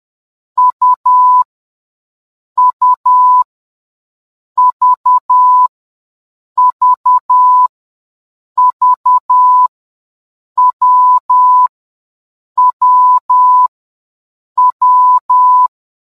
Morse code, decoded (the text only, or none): U U V V V W W W